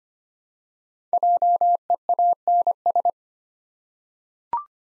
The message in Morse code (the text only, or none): JEANS